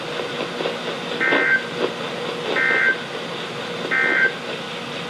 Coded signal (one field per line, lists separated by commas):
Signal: Emergency Alert System (SAME) tones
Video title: EAS #1484-#1501: Ping Pong Ball Sized Hail | WXL60 & WZ2500